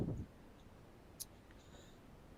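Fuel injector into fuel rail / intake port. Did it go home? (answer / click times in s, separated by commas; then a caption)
no / none. A fuel rail with its fuel injectors is pushed down into the intake of a Jeep Liberty engine, with a low rumbling thump at the start, then quiet background with a brief sharp tick around 1.2 s and a faint high tone later. The rear fuel injector has not seated in its port, and nothing has seated or clicked yet.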